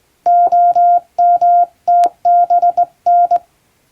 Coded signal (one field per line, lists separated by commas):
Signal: Morse code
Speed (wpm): 20 wpm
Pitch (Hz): 700 Hz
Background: none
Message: OMTBN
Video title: Morse Code! Straight key! English Morse test in Japan. This is Practice video for Radio Operator.